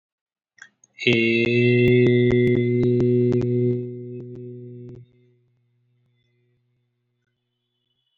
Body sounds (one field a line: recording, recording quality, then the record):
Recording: sustained vowel as in made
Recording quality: excellent, no background noise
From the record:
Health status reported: healthy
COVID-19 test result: not tested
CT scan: not taken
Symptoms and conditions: cough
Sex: male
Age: 18 years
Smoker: no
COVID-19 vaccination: both doses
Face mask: worn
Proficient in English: yes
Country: India